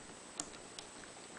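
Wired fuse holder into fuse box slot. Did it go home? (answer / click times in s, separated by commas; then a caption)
yes / 0.4 s. A wired fuse holder plug is pushed into its slot in the fuse box of a Honda EU7000iS generator during a four-function wireless remote control install. It gives a sharp, bright click at 0.4 s as its locking tab engages and the connector seats, followed by a fainter tick at about 0.8 s over a steady low hiss.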